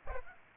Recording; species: mosquito wingbeat signal from an infrared sensor; Aedes aegypti